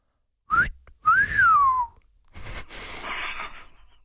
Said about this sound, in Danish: Let genkendelig ringetone for mobiltelefon.